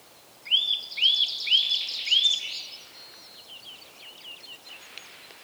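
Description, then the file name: Eurasian nuthatch giving four ringing upward-arched whistles in quick succession, with softer chatter and trilling behind and after them. "Sitta europaea"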